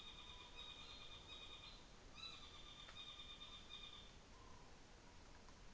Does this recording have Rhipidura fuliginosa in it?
no